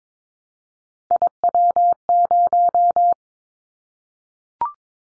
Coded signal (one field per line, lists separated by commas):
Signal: Morse code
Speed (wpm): 22 wpm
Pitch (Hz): 700 Hz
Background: none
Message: IW0